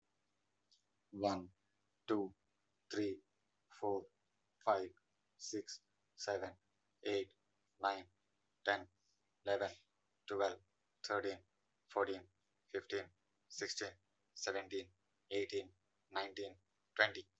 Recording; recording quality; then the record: counting at a normal pace; excellent, no background noise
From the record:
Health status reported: respiratory illness, not identified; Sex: male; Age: 29 years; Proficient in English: yes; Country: India